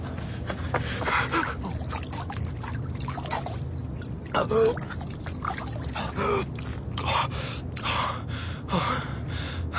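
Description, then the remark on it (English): Water pours and trickles over a steady low rumble while someone drinks in gulps, breaking off into several sharp, breathy gasps at irregular intervals; no words are spoken. “I'm going to keep quiet and creep about. Water.”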